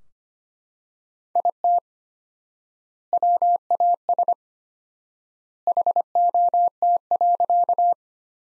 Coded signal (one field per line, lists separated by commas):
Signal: Morse code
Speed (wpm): 25 wpm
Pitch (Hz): 700 Hz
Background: none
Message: IT WAS HOT.